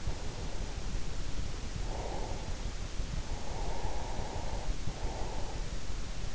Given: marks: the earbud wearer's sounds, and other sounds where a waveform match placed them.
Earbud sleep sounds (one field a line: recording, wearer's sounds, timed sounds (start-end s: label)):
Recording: sounds in sleep by an in-ear microphone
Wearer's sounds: breath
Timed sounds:
0.17-2.64 s: breath
3.16-5.76 s: breath